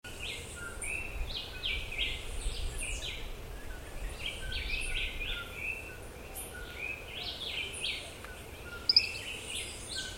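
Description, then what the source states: Birds calling, a busy chorus of short overlapping chirps and quick trills throughout, with a steady low background rumble and a sharp click near the end. Recorded in a forest.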